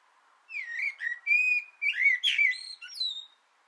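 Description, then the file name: Common blackbird song: a run of mellow whistles sliding up and down, then a scratchy high twittered flourish at the end; no other sounds. Singing from an antenna, recorded 6 June 2025. "Koltrast på antennen 2025 06 06"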